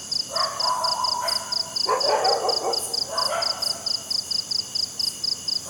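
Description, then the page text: Cricket chirping as steady, evenly spaced high pulses throughout, with bursts of lower sound and a constant high drone. Crickets at night in jungle. "Crickets Night Jungle TonwagenSfxLab"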